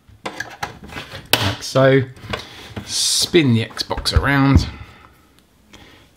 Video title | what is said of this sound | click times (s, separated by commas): How To Fix Xbox One S Faulty Power Button - Power Button Not Clicking Issue | all the way around you hear it popping like | 0.3 s, 0.4 s, 0.6 s, 1.3 s